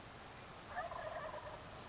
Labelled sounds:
Wild Turkey

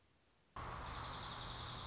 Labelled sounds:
Dark-eyed Junco

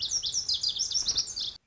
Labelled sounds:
Lazuli Bunting

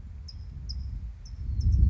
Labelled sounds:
California Towhee

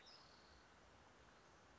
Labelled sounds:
California Towhee

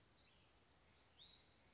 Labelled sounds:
Western Flycatcher

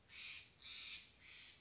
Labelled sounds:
Steller's Jay

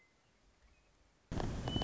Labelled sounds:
Western Meadowlark

